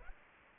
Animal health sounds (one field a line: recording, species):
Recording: mosquito wingbeat signal from an infrared sensor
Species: Aedes aegypti